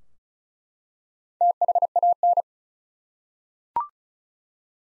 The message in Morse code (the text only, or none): THAN